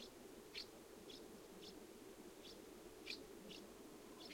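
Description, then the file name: Common house martin calls, short high chirps repeated at irregular intervals about every half second to second, heard over a steady low background hum. Recorded on 20 July 2012. "Delichon urbicum - 2012-07-20"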